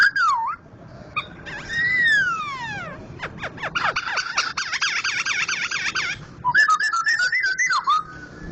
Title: Poksay Jambul Sumatra Suara Keras Juara Nasional. Poksay Hongkong gacor mantab (Gathutkaca)